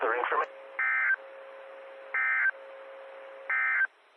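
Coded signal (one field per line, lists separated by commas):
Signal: Emergency Alert System (SAME) tones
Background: speech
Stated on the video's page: Morse ident on a 146.9200 MHz repeater.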